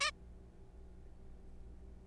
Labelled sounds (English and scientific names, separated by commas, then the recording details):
Zebra Finch (Taeniopygia guttata)
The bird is a juvenile
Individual R3428